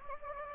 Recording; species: mosquito wingbeat signal from an infrared sensor; Anopheles gambiae